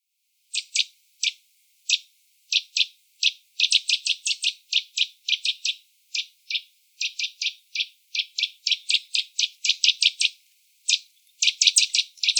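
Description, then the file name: Eurasian nuthatch calls, a long series of sharp, high, clipped notes in quick irregular bursts, sometimes spaced, sometimes rapid and run together, over a quiet background. "Sitta europaea"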